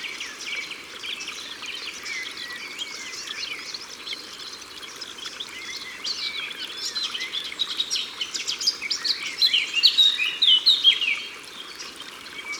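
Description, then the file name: Eurasian blackcap song: a quiet scratchy warble rising to a loud burst of clear whistles toward the end, amid a busy chorus of other birds. Recorded by the water. "Fauvette a tete noire Au bord de leau"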